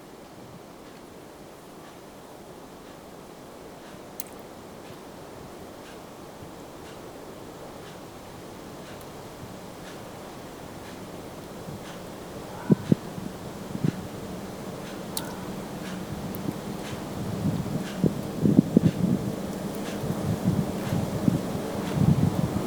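Snow thawing on a patio: a soft, steady hiss with a low rumble underneath, growing gradually louder over the second half. Scattered sharp ticks and drips land at irregular moments, near four and fifteen seconds, then more often toward the end.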